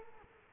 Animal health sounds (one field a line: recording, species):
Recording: mosquito wingbeat signal from an infrared sensor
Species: Culex quinquefasciatus